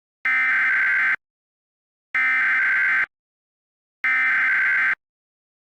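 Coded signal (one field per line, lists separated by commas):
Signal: Emergency Alert System (SAME) tones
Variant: header bursts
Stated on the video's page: Fictional EAS scenario containing valid EAS tones.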